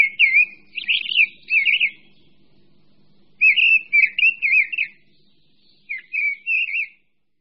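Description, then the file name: Mistle thrush song in three clear phrases of rapid, wavering whistled notes, each about one to two seconds long with a pause between; soft low hum underneath. "Drozd-brávník"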